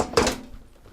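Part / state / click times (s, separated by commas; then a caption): drive cage into PC case rear mounting section / not seated / none. A metal drive cage is slid out of the front position and pushed into the rear mounting section of a Be Quiet Pure Base 501 Air PC case, giving a soft knock at the start and a louder metallic clunk at about 0.2 s. The clunk rings briefly and fades, and the drive cage fails to lock in, so nothing has seated or clicked yet.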